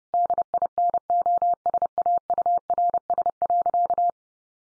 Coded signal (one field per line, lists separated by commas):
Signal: Morse code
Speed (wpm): 30 wpm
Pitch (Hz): 700 Hz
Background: none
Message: DINOSAURS.